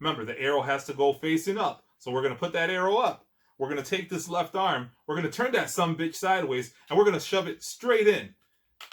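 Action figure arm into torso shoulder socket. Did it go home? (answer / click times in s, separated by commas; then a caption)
no / none. Someone talks while handling the plastic left arm of a McFarlane Toys DC Multiverse Merciless build-a-figure, setting its marked arrow facing up and turning the arm sideways to shove it straight into the torso's shoulder socket. The clip ends with two faint, brief sounds just before the arm goes in, and nothing has seated or clicked yet.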